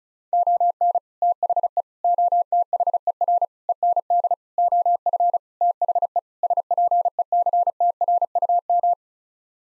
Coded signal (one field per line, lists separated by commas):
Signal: Morse code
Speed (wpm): 34 wpm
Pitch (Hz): 700 Hz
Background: none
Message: ON THE OTHER END OF THE SPECTRUM